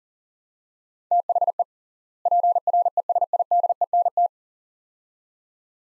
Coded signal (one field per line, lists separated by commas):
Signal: Morse code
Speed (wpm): 40 wpm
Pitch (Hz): 700 Hz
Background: none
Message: THE PRESIDENT